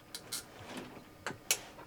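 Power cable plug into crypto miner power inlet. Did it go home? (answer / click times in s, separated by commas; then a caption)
yes / 1.5 s. A P14-style power cable plug is pushed into the power inlet of a Canaan Avalon A1566 crypto miner, with faint scrapes and small taps before a brief knock at about 1.3 s. The loudest, sharpest click at 1.5 s is the plug locking fully home in the inlet, and the plug is confirmed seated.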